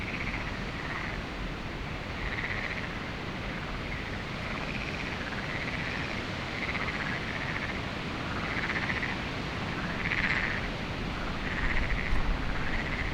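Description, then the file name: Chorus of frogs giving repeated rasping pulsed calls, a few louder notes standing out near the end, over steady wind. Frogs recorded at Lagoa do Canário with wind, binaural recording. "Lagoado Canario frogs"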